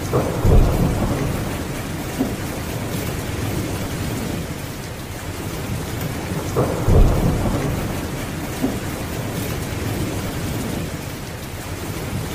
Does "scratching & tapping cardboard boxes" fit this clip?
no